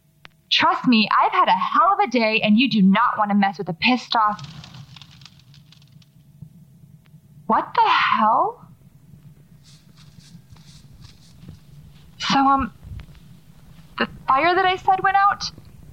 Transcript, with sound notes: Trust me, I’ve had a hell of a day, and you do not want to mess with a pissed off…
[Flames ignite loudly across the room]
What the hell?
[Footsteps across carpet]
So, um… The fire that I said went out?